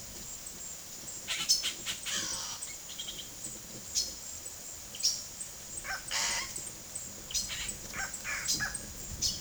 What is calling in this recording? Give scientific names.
Cacicus cela, Ramphocelus carbo